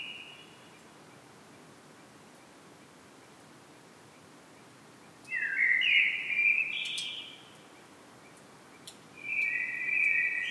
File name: Turdus merula